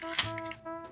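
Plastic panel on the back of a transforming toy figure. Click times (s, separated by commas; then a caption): 0.2 s. A small blue plastic panel is popped off the back of a Hello Carbot Sky Gunner transforming toy figure, giving a sharp plastic snap at 0.2 s over a steady background hum. The panel comes free and is released from the figure.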